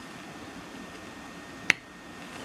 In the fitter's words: kedengeran bunyi klik